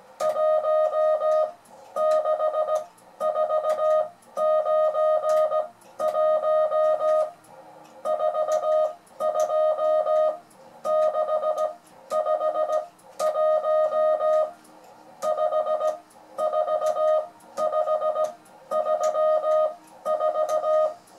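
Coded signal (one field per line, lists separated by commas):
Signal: Morse code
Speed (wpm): 17 wpm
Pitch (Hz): 620 Hz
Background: music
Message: 16491 42651 54534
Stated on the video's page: French beginners' Morse lesson demonstrating reading by ear.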